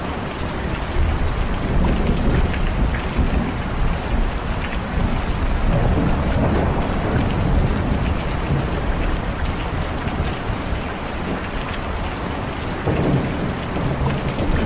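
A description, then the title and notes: Rain falls steadily throughout, a dense, even hiss spread from low to high with no breaks. Underneath runs a soft low rumble that swells slightly in places, and a few sharper drop taps stand out around 6 and 13 seconds. Relaxing Rain sounds.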